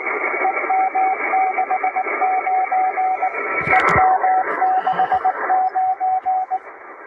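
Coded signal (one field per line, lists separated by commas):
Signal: Morse code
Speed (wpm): 19 wpm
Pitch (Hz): 750 Hz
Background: radio noise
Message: EM69 EM69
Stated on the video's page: Live Parks on the Air portable activation from a park during the summer Support Your Parks Weekend.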